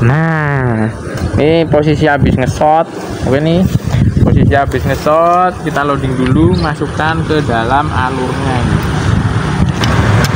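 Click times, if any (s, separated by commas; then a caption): 9.8 s. A spear shaft is slid along its track into a speargun's trigger mechanism while someone talks throughout. It latches with a sharp click at 9.8 s, locking the shaft in place.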